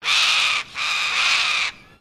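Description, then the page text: Little corella giving two harsh, screeching calls, a short one followed by a longer grating screech of about one second. Recorded in Queensland. "BIRD LITTLE CORELLA CALL. Birds in Queensland"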